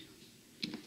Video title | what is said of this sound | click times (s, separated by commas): diamant painting licorne | ce que j'aime bien avec les carrés quand même c'est que ça quand ça s'emboîte ça craque avec | 0.6 s